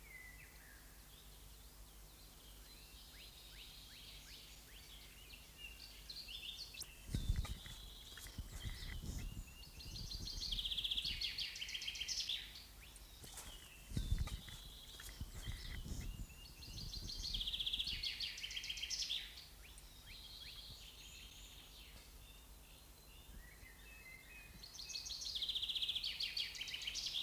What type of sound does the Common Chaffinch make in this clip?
song